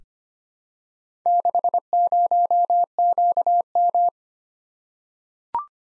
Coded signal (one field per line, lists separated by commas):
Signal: Morse code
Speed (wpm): 25 wpm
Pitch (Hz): 700 Hz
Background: none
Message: 60QM